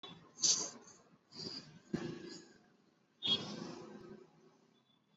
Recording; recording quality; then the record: shallow breathing; moderate, slight background noise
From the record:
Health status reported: exposed to COVID-19, no respiratory illness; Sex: female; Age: 24 years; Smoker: yes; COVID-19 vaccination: both doses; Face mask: worn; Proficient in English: yes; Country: India